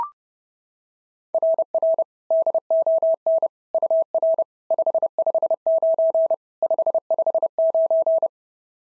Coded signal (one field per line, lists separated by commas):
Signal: Morse code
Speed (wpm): 28 wpm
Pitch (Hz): 650 Hz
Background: none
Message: RR DON UR 559 559